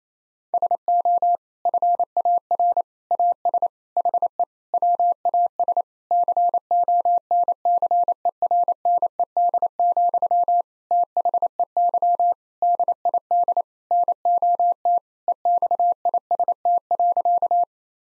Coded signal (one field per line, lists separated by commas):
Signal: Morse code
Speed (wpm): 27 wpm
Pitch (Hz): 700 Hz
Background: none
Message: SO FAR AS HE WAS CONCERNED, THEY DID NOT EXIST.